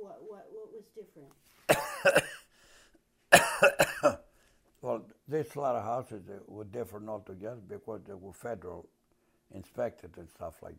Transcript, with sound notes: What was different?
[Coughs] Well, the slaughter houses were different altogether because they were federal inspected and stuff like that.